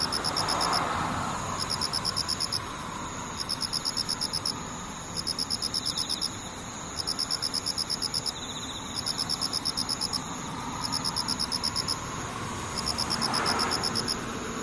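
Insects chirp in regular bursts of rapid pulses, high and bright, repeating about every two seconds across the whole stretch. A steady low rumble runs underneath, swelling briefly near the start and again around thirteen seconds, like a passing vehicle.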